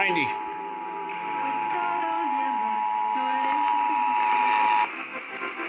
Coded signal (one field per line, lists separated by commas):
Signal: Emergency Alert System (SAME) tones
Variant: 853 and 960 Hz attention tone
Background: speech